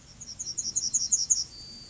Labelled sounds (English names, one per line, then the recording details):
Yellowhammer song
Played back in grassland
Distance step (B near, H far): D
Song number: 025